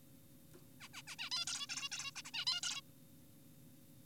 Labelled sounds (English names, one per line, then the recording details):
Zebra Finch
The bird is an adult
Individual g4p5U